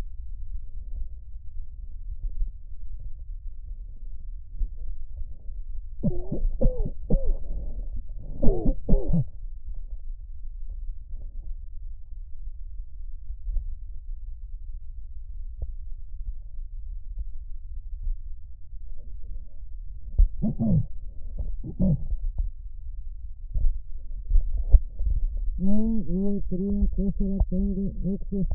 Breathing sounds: lung sounds by stethoscope; trachea; quiet breathing, then cough and speech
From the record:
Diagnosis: pulmonary infection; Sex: female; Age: 74 years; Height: 160 cm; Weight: 66 kg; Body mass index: 25.8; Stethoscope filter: extended mode

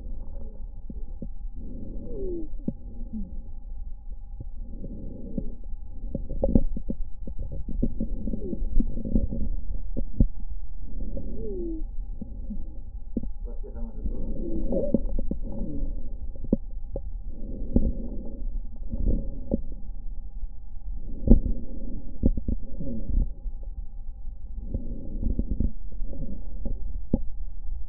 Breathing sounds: lung sounds by stethoscope; left posterior basal chest; quiet breathing, then deep breathing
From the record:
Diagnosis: asthma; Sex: female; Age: 56 years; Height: 161 cm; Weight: 85 kg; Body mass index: 32.8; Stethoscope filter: diaphragm mode

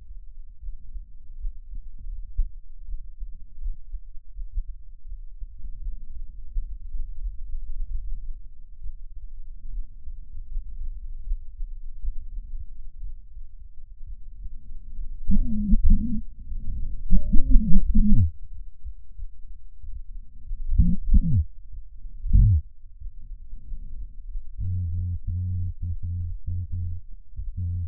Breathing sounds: lung sounds by stethoscope; left anterior apical chest; quiet breathing, then cough and speech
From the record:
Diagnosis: none (healthy); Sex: male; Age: 34 years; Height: 174 cm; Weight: 93 kg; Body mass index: 30.7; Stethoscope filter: bell mode

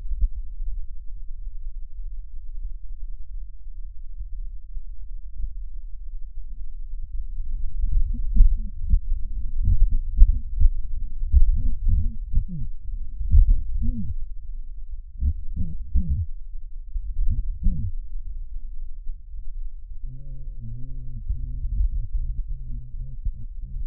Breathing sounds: lung sounds by stethoscope; right posterior basal chest; quiet breathing, then cough and speech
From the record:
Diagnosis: pulmonary infection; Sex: male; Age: 86 years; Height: 165 cm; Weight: 65 kg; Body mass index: 23.9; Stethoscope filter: bell mode

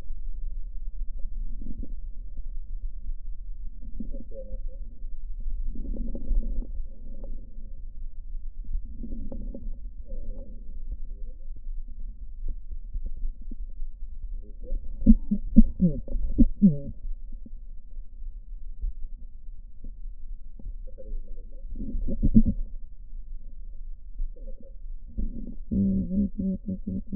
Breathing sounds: lung sounds by stethoscope; left posterior basal chest; quiet breathing, then cough and speech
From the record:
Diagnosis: COPD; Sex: female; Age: 72 years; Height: 156 cm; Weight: 72 kg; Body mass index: 29.6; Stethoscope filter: diaphragm mode

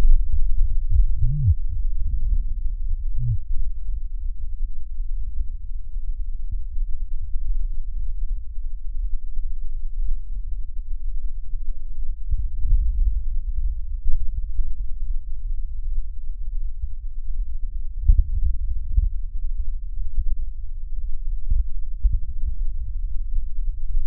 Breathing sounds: lung sounds by stethoscope; right posterior basal chest; quiet breathing, then deep breathing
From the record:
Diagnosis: COPD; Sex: female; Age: 80 years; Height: 160 cm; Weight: 62 kg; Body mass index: 24.2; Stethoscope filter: bell mode

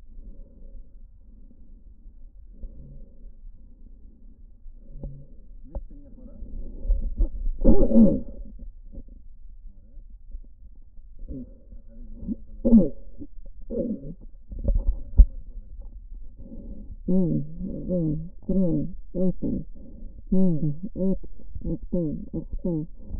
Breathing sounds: lung sounds by stethoscope; right posterior apical chest; quiet breathing, then cough and speech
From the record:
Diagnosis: interstitial lung disease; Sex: female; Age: 72 years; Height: 153 cm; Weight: 71 kg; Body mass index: 30.3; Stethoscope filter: diaphragm mode

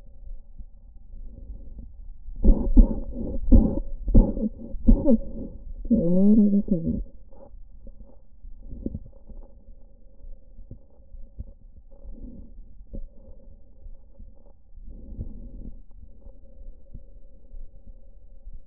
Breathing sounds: lung sounds by stethoscope; right anterior apical chest; quiet breathing, then cough and speech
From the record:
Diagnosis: asthma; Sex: female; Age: 77 years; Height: 160 cm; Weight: 68.7 kg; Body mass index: 26.6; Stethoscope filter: diaphragm mode

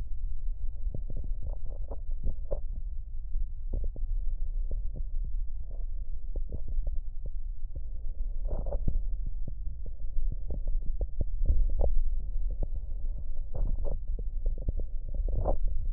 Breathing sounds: lung sounds by stethoscope; right anterior apical chest; quiet breathing, then deep breathing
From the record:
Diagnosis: COPD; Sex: male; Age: 70 years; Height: 174 cm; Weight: 94 kg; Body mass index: 31.0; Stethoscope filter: extended mode

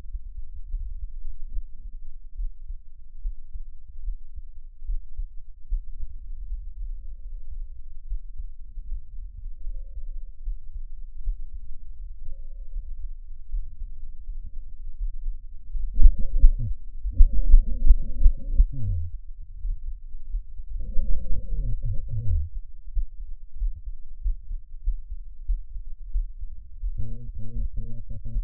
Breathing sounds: lung sounds by stethoscope; trachea; quiet breathing, then cough and speech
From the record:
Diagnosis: none (healthy); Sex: male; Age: 45 years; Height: 173 cm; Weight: 92 kg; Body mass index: 30.7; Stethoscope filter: bell mode

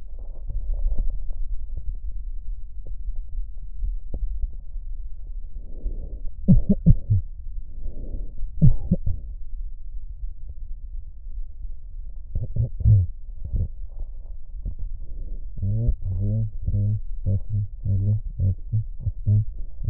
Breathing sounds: lung sounds by stethoscope; left posterior apical chest; quiet breathing, then cough and speech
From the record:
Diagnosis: none (healthy); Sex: male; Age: 29 years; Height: 180 cm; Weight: 100 kg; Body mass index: 30.9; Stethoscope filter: extended mode

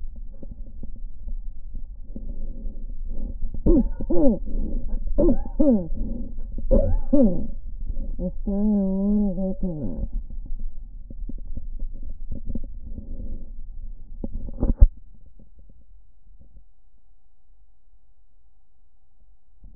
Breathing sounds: lung sounds by stethoscope; left anterior apical chest; quiet breathing, then cough and speech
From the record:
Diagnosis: interstitial lung disease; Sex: female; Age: 74 years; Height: 150 cm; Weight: 69.8 kg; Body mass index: 31.0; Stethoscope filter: diaphragm mode

